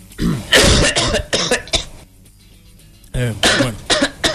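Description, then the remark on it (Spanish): Someone coughs outside in two harsh, rapid bursts of several coughs each, with raspy throat-clearing, separated by a couple of seconds of near silence. “Voy a arreglar a alguien que esté tosiendo afuera.”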